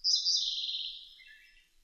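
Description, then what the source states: Siberian blue robin song: a brief, fast, bright trill that slides downward and fades out within two seconds. Recorded in 2005.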